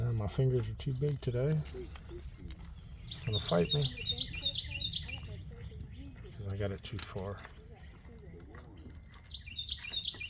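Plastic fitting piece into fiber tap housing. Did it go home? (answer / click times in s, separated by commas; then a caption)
yes / 10.1 s. Outdoors with birds chirping in the background, someone talks while struggling to position a plastic fitting piece in a fiber tap's grooved housing. After several small handling clicks, the piece snaps into place at 10.1 s.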